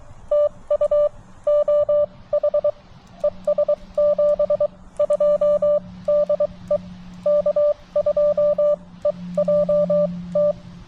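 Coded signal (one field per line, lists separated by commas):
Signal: Morse code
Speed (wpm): 23 wpm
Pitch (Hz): 590 Hz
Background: none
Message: TU OH ES 72 DE K2EJT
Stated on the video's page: Parks on the Air CW activation from Chenango Valley State Park on a TX-500; poor, unsettled conditions after a solar flare, 20m short skip.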